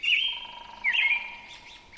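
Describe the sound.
Robin song: two loud, bright warbled phrases a little under a second apart, with a steady lower whistle-like tone running underneath throughout.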